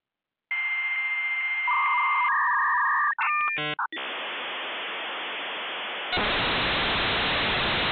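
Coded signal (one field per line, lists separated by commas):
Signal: dial-up modem handshake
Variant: US Robotics x2 56K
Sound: steady high answer tone, warbling two-tone chatter, brief beeps and clicks, then loud rushing hiss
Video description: Here's the US Robotics standard for 56K, before V.90 was adopted by the industry: x2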